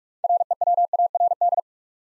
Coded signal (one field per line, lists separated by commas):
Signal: Morse code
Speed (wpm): 44 wpm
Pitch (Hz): 700 Hz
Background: none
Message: REWARD